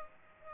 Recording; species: mosquito wingbeat signal from an infrared sensor; Aedes aegypti